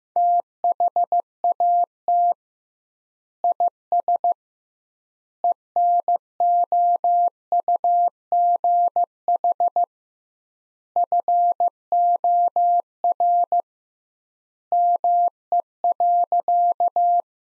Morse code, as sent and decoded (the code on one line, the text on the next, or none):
- .... .- - / .. ... / . -. --- ..- --. .... / ..-. --- .-. / -- . .-.-.-
THAT IS ENOUGH FOR ME.